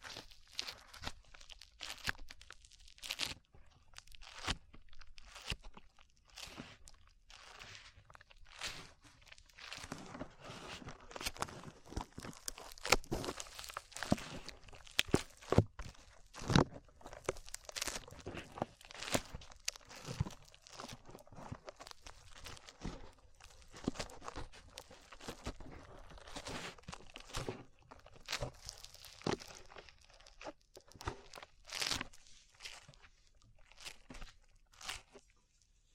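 Slime being squished and pulled, with dense, irregular wet crackles, pops and crinkling snaps coming in quick bursts throughout. Sharper clicks stand out every second or two, and activity thickens after about ten seconds before easing slightly toward the end.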